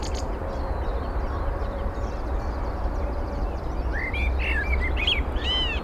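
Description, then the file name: Eurasian blackbird calls: a short run of brief chirping notes, rising and falling, comes late over a steady low rumble. "Turdus merula"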